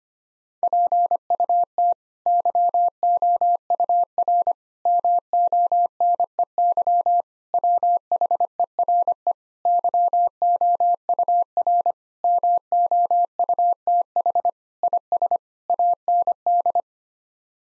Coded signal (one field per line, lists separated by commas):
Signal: Morse code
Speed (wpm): 25 wpm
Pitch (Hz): 700 Hz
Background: none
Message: PUT YOUR MONEY WHERE YOUR MOUTH IS AND